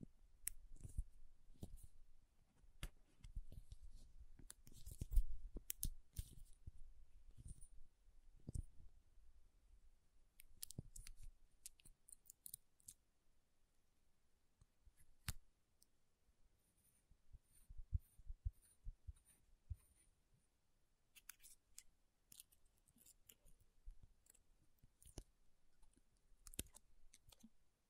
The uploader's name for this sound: MAKEUP TAPPING & SCRATCHING